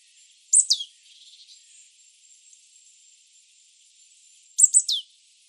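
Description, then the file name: Marsh tit calls: two high, sharp bursts about four seconds apart, each ending in a falling sweep, with a faint thin hiss and soft ticking between. "Poecile palustris"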